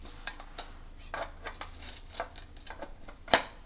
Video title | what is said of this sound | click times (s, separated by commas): Helmets: The Armet | Now the mechanism is locked into place | 3.3 s